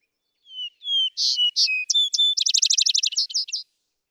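Vesper sparrow song: two clear downslurred whistles, then buzzy notes and a fast run of rapid trills ending in short slurred notes, on a silent background.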